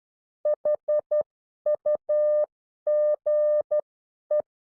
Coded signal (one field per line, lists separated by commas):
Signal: Morse code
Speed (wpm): 12 wpm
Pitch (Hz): 600 Hz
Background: none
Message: HUGE